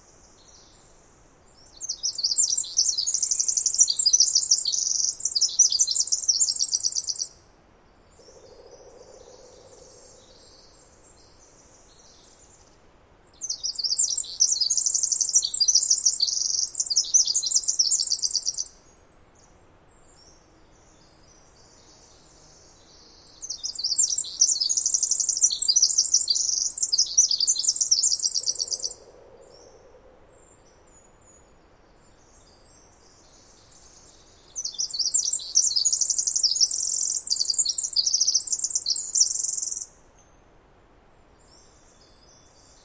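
A Pacific Wren sings close by in four long, loud, bright trilling bursts about every ten seconds, with faint lower calls between them.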